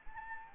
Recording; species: mosquito wingbeat signal from an infrared sensor; Anopheles gambiae